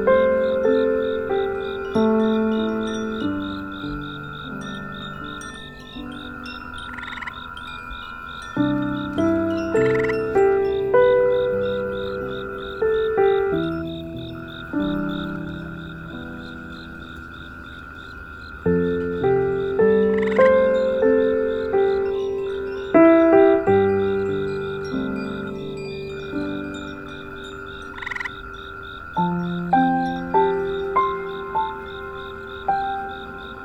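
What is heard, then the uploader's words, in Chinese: Wind chimes ring gently and often, their clear bell-like notes overlapping and fading slowly, with a fuller cluster of strikes every few seconds. Underneath, a steady high pulsing trill of insects and tree frogs continues without pause. 故乡的田园，树蛙与虫鸣。入夜，听着各种虫鸣、蛙声，还有那轻轻的风铃声。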